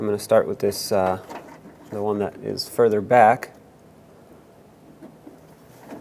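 Someone talks while the rear metal actuator rod is lined up with its mounting hole on the door latch of a front left exterior door handle on a 2003–2021 Chevy Express 3500, before it is pressed in. After the talking stops, only faint handling noise is heard, and the rod has not yet clicked into the latch.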